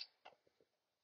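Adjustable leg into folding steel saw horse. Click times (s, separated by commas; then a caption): 0.3 s. The height-adjustable steel leg of a folding steel saw horse, released with a push button and moved, gives a faint tick at 0.3 s as it locks in place at its new height. Two softer ticks follow at about 0.5 and 0.6 s, and the leg is seated.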